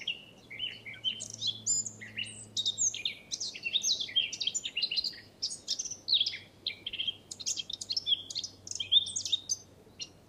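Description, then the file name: Eurasian blackcap song, a long run of quick, scratchy, chattering warbled notes that carries on throughout, with a low steady hum beneath. "Sylvia atricapilla"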